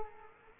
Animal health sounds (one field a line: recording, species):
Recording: mosquito wingbeat signal from an infrared sensor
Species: Culex quinquefasciatus